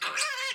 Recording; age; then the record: pig call; piglet (1 to 25 days)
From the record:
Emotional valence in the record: negative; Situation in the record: restrain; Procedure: in the arms of a person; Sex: male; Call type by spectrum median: high-frequency call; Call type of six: mixed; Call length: 0.55 s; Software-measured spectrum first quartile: 1832 Hz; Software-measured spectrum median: 2932 Hz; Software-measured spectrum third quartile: 5194 Hz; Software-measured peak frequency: 1644 Hz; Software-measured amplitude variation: 110 dB a second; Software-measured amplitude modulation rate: 21.1 a second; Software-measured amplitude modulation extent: 5.2 dB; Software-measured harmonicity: 5.0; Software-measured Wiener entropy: -1.82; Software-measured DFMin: 510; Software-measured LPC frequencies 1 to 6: 1165, 1669, 2400, 3057, 4276, 4825 Hz